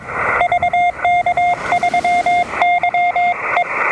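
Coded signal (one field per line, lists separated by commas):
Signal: Morse code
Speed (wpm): 22 wpm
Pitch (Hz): 710 Hz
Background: radio noise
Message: VK3YE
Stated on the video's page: Pedestrian mobile DX contacts on three bands.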